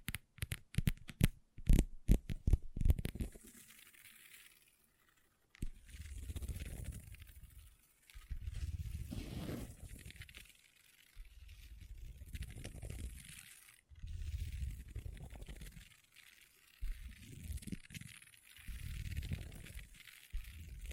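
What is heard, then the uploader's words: Long nails tap rapidly on a table for three seconds, then scratch in slow repeated strokes, each a low rasping swell lasting about two seconds. ASMR Table Tapping & Scratching with Long Nails (No Talking).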